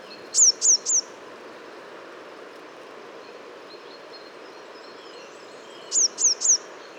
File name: Parus major